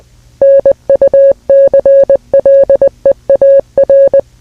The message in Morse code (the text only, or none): NUCLEAR